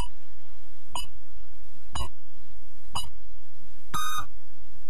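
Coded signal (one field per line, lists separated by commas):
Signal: radio time signal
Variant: Portuguese hourly pips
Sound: three short beeps a second apart, then one longer beep marking the hour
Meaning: The longer final pip marks the exact hour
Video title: Sinal Horário (2010) (UPDATED)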